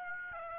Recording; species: mosquito wingbeat signal from an infrared sensor; Aedes aegypti